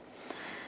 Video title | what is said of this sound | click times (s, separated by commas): Behind the Scenes at Wintec Saddles with The Saddle Bank! | bit of flex there and it will click into place | 0.3 s